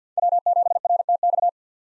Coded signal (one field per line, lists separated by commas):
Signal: Morse code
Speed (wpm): 50 wpm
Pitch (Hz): 700 Hz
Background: none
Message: W7RTX